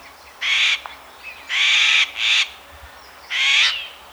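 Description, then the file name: Eurasian jay giving four harsh, rasping screeches, the middle two back to back, with quiet pauses between them. "Garrulus glandarius"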